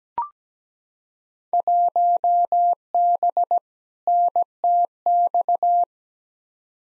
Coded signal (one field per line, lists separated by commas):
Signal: Morse code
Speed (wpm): 17 wpm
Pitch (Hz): 700 Hz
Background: none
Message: 1B NTX